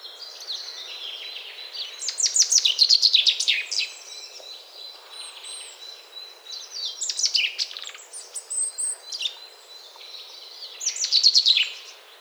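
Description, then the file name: Common chaffinch song, three fast trilled phrases about every four to five seconds, each a run of sharp notes tumbling downward, over steady hiss. "Fringilla coelebs"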